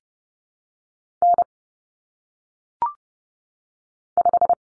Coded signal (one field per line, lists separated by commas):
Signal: Morse code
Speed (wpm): 30 wpm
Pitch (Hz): 700 Hz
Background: none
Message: N 5